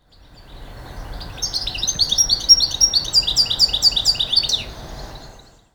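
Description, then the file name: European goldfinch giving a rapid run of bright, tinkling twitters and buzzy trills, high-pitched and continuous, over a low background rumble. "Carduelis carduelis"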